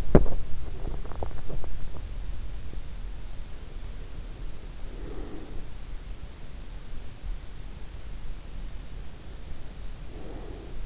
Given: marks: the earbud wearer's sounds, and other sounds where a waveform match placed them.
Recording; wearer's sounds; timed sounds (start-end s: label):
sounds in sleep by an in-ear microphone; teeth grinding, breath
0.00-2.19 s: teeth grinding
4.82-5.77 s: breath
10.00-10.86 s: breath